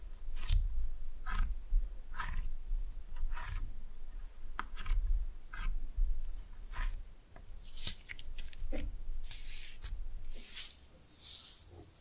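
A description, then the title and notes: Slime being squished and stretched, with a steady run of wet, squelching smacks about once a second for the first seven seconds, each with a low thump. After that the sounds turn into brighter, hissing squirts and crackles, more uneven and spaced apart. ASMR Fun with Slime No Talking.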